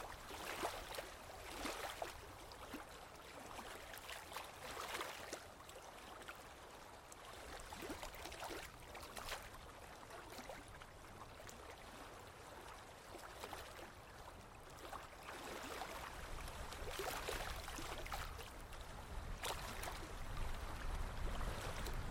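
A nature scene of steady rushing, splashing water, dense and unbroken, with quick sloshing bursts scattered throughout, some sharper ones near 2, 5, 17 and 20 seconds. A low rumble underneath grows slightly louder over the final few seconds.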